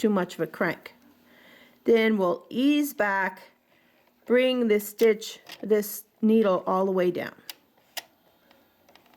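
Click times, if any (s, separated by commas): none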